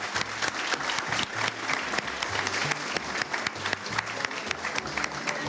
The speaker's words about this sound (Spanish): Le damos la bienvenida y un gran saludo a nuestro amado y querido presidente de la República Bolivariana de Venezuela, Nicolás Maduro. Vamos con un aplauso.